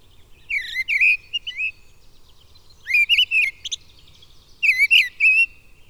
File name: Mistle Thrush (Turdus viscivorus)